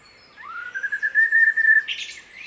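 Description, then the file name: Common blackbird song: one long, fluty, slightly wavering whistle that rises and then holds steady, ending in a brief high twitter. "Turdus merula"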